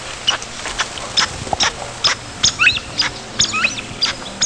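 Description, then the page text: Groove-billed Ani flight calls: several short whistled, slurred notes that rise and fall, mixed with quick dry ticking notes repeated throughout. Flight calls, an emphatic whistled "peek-uwheea" or shorter "uwheea" and a low squeaky "syrk", often repeated and mixed together. "Groove-billed Ani Crotophaga sulcirostris Flight call"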